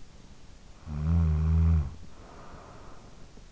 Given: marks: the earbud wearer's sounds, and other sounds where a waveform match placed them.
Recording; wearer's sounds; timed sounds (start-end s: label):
sounds in sleep by an in-ear microphone; snoring breath
0.33-3.44 s: snoring breath